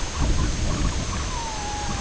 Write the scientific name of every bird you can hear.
Calidris alba, Gavia stellata